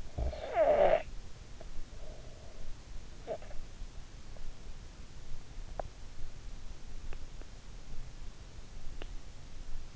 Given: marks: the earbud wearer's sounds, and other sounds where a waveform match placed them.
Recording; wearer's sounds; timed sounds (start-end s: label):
sounds in sleep by an in-ear microphone; snoring breath
0.00-1.19 s: snoring breath
3.05-3.59 s: snoring breath